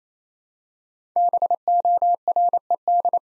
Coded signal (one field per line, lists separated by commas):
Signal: Morse code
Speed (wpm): 28 wpm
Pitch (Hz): 700 Hz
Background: none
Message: BORED